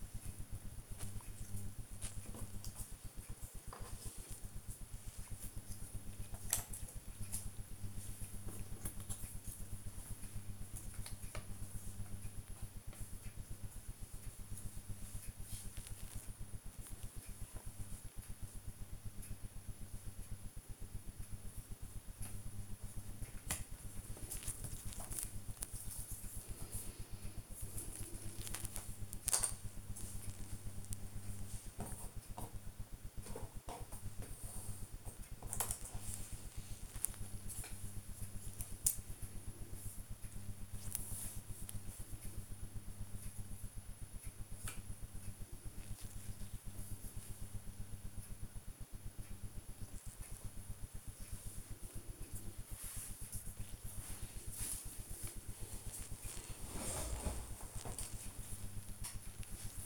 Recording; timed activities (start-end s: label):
household activities, microphone on the right wrist
0.00-59.86 s: doing a puzzle